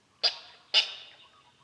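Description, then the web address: Black-tailed nativehen calls, two loud harsh yelping notes about half a second apart, each dying away quickly into quiet. "Black tailed nativehen. صدای-پرنده-چارخو-دم-سیاه"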